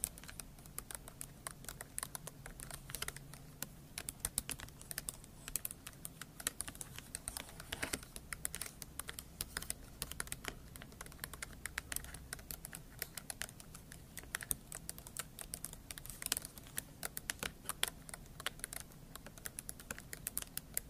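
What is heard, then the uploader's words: Scratching and tapping ASMR sounds: rapid, dense clicks like keyboard typing throughout, with a faint low hum underneath and no pauses. Scratching & Tapping ASMR.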